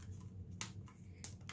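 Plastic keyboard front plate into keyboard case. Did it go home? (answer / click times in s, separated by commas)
yes / 0.6 s, 1.2 s, 1.5 s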